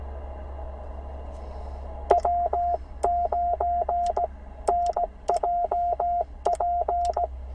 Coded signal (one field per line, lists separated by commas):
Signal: Morse code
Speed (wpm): 17 wpm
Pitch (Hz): 690 Hz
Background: radio noise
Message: W9NJP